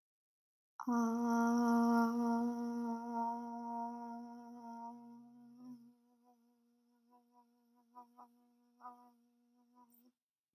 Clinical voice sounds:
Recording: vowel held as long as possible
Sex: female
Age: 20 to 29 years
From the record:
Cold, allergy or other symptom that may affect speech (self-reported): no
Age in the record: 23 years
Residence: Virginia, United States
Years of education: 17

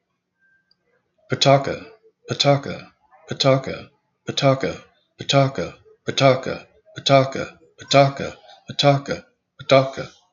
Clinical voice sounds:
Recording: repeated syllables /pa ta ka/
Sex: male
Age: 50 to 59 years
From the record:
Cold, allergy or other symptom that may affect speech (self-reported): no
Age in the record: 59 years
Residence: Kansas, United States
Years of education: 14

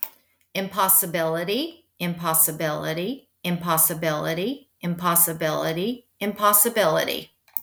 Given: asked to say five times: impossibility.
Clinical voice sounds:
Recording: repeated word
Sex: female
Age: 50 to 59 years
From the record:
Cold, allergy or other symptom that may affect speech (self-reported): no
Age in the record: 51 years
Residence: United States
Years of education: 18

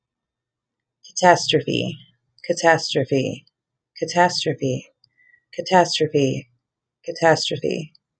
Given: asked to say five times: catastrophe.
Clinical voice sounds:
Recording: repeated word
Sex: female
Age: 30 to 39 years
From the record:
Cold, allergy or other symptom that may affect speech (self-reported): no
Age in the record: 37 years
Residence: South Dakota, United States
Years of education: 15

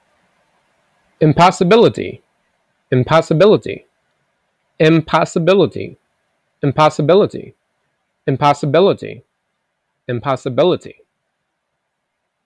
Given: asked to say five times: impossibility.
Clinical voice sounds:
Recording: repeated word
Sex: male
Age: 20 to 29 years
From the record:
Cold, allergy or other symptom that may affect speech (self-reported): no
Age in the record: 24 years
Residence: United States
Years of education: 12

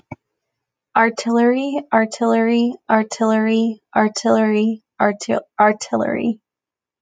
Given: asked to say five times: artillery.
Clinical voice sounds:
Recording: repeated word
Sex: female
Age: 20 to 29 years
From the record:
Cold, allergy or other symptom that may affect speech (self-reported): no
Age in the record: 25 years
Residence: California, United States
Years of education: 15

